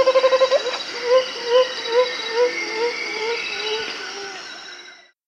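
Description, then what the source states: Striated antthrush song: a quick burst of rapid notes, then evenly spaced, slurred whistled notes about twice a second, over a steady insect hum and other birdsong. Recorded in South America.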